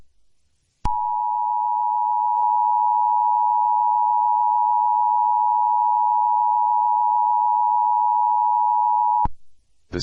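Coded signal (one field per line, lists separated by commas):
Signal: Emergency Alert System (SAME) tones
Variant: 853 and 960 Hz attention tone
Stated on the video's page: Recreation of an Amber Alert (child abduction emergency) for Alabama, not a live alert.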